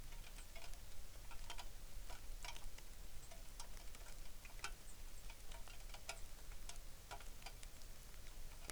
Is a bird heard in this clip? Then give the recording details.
yes. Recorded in the Arctic National Wildlife Refuge, Alaska, on 3 August 2019. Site 33